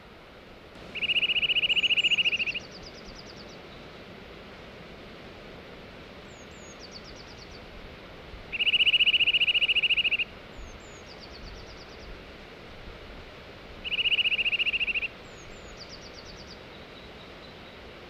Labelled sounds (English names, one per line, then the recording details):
Eurasian Nuthatch song
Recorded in the wild
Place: Remscheid, Nordrhein-Westfalen, DE
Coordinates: 51.23, 7.2
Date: 1995-03-18
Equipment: Sony WM-D6C
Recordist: Skiba, Reinald